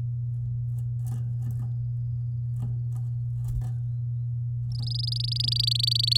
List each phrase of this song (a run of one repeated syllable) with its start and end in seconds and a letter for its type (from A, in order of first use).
4.72-6.17 A